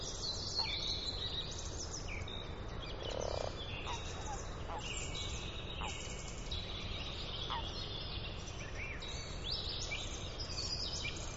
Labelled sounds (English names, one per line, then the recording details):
Common Frog call
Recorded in the wild
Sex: male
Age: adult
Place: Brunow, Gamengrund, Brandenburg, DE
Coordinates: 52.7264, 13.8958
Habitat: lake
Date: 1995-04-22 20:45
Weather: Wasser: 11°C, Luft: 11°C, heiter
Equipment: Sony TCD-D3, Sennheiser ME 80, K 30 AV, Stativ und Windkorb
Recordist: Frommolt, Karl-Heinz